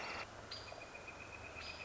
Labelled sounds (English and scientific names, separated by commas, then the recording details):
Northern Flicker (Colaptes auratus)
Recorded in Sonoma County, California